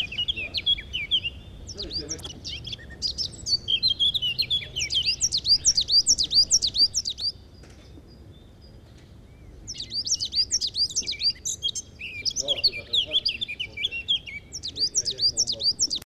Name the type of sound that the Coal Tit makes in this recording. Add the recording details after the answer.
song. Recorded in the wild. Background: Sylvia atricapilla, Parus major, Homo sapiens. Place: Montreux, Kanton Waadt, CH. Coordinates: 46.4325, 6.93694. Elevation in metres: 1049. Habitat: mountains. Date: 1986-05-20. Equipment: Uher 4000 Report, Sennheiser MKH 815 T. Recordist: Tretzel, Erwin. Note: Caux bei Montreux, Schweiz: Gesang